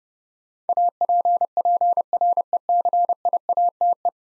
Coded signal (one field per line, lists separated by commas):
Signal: Morse code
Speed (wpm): 30 wpm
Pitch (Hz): 700 Hz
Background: none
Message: APPRECIATE